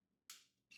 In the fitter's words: and just push it over. You'll hear it click in.